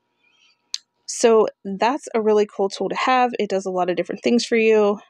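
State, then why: Seated. The plastic extension arm of a paper trimmer from a Cricut Maker 3 everything bundle is slid back into the trimmer base and snaps into place with a sharp click at 0.7 s. Someone then talks for the rest of the clip.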